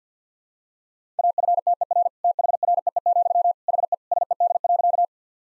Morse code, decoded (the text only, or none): AFTER THREE, HE SED.